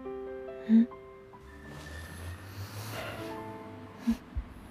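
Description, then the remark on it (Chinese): In an audio drama, the character Gui Xiao sniffs two or three times through the nose, one early and a quick pair near the end, over soft, sustained background music with low droning tones. “桂晓吸了吸鼻子”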